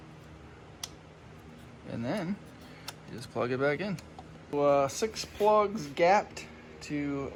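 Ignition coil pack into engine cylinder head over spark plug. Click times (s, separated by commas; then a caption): 0.8 s. An ignition coil pack is pushed down with light pressure over the spark plug in the cylinder head of a BMW 335i during a misfire repair, and it clicks into place with a single sharp click at 0.8 s. After a quiet stretch, someone talks through the rest of the clip as the work moves on to plugging in the connector.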